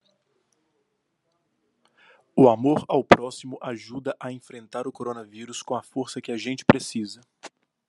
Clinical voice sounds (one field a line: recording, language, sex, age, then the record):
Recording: spoken sentence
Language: Brazilian Portuguese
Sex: male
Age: 30 to 39 years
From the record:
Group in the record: control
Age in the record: 32 years